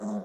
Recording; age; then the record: pig call; piglet (1 to 25 days)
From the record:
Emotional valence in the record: negative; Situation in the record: long isolation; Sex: male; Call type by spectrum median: low-frequency call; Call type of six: low-frequency modulated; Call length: 0.26 s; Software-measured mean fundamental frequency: 52 Hz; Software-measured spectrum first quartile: 208 Hz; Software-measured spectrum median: 303 Hz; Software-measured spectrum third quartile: 689 Hz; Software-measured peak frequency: 207 Hz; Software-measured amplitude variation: 80 dB a second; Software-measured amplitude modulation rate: 9.8 a second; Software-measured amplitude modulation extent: 8.2 dB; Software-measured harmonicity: 6.5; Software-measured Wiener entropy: -0.54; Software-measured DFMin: 1609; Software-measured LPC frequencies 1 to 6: 3591, 6374, 7296, 7707, 8696, 9814 Hz